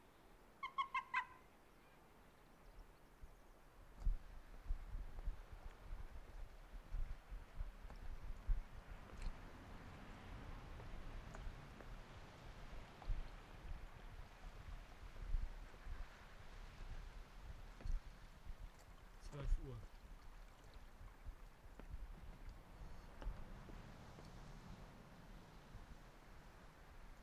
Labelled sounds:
Arctic Fox call

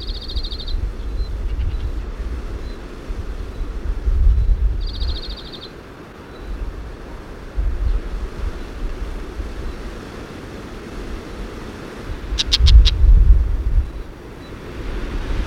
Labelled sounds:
Woodchat Shrike call

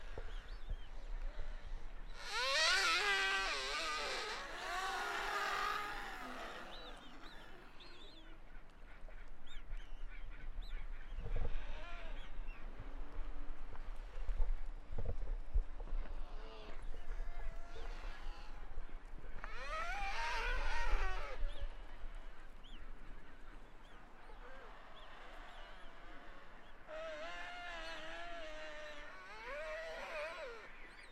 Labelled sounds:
Chinstrap Penguin call

